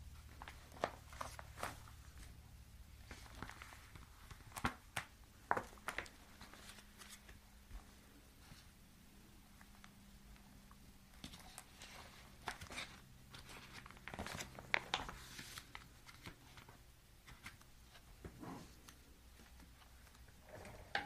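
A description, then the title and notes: Cash being sorted and counted: quick, irregular crisp rustles and soft slaps of notes, clustered in bursts around 1–2, 5, 12–15 and 18 seconds. Between bursts it goes quieter, with a faint low hum running steadily underneath throughout. Cash sorting, counting, spreading.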